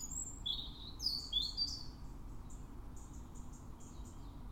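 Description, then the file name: European robin song, a quick high, liquid phrase of descending and sliding whistles followed by faint repeated high ticking notes. "Erithacus rubecula"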